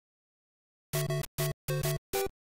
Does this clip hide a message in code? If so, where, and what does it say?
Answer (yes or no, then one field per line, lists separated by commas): no